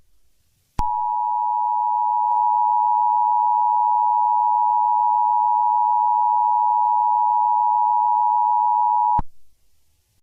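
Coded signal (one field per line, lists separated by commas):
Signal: Emergency Alert System (SAME) tones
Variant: 853 and 960 Hz attention tone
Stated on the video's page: Fictional emergency alert scenario; tones may or may not be valid EAS tones.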